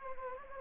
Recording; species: mosquito wingbeat signal from an infrared sensor; Anopheles gambiae